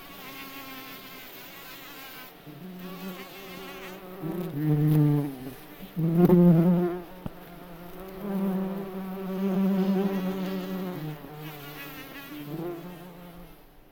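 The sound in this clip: Bumblebee buzzing, a deep harmonic drone that surges and dips in several waves, with the pitch shifting slightly.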